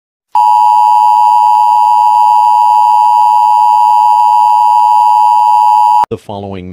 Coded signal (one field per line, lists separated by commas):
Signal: Emergency Alert System (SAME) tones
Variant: 853 and 960 Hz attention tone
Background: speech